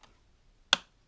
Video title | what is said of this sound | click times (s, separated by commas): Honda CRF250L/Rally K&N Filter Fitment | two click there you go simple as that so that's the filter in | 0.7 s